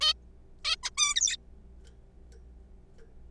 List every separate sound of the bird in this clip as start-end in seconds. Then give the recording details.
0.01-0.13, 0.65-0.76, 0.83-0.90, 0.97-1.37. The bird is a juvenile. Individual R3428